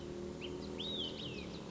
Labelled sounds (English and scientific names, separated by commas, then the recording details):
Olive-sided Flycatcher (Contopus cooperi)
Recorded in Sonoma County, California